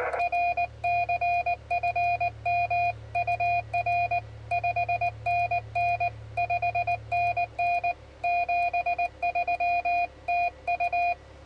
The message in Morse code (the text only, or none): R CFM UR 5NN 5NN 73 TU